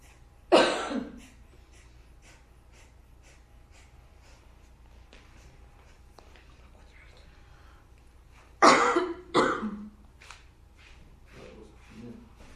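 A sharp, loud cough bursts out, then a long quiet stretch before a second cough that is followed quickly by another, rougher burst.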